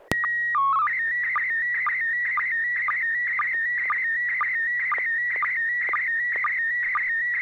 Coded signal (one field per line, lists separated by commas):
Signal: SSTV (slow-scan television)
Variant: PD 120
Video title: N6NA SSTV Net - 02/10/2021